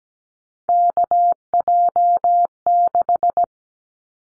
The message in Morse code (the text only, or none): KJ6